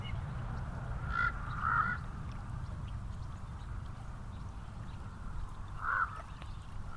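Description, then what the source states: Common raven croaking, two quick hoarse notes early on, then a single croak near the end, with low traffic noise throughout. Ravens at Elizabeth Lake, with passing cars audible.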